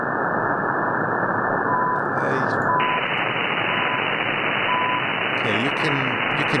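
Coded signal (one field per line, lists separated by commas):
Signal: radio time signal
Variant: CHU Canada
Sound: loud hiss with faint short 1 kHz ticks once per second, about 4 heard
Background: heavy radio static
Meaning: Each short 1 kHz pulse marks one second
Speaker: we will unmute the audio and let's see hey okay you can you can hear it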